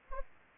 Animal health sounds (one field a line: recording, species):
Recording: mosquito wingbeat signal from an infrared sensor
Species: Anopheles arabiensis